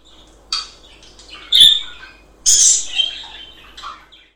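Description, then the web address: Budgerigar giving harsh, scratchy squawks and chirps in several short bursts, with quiet pauses between. "fichas periquito"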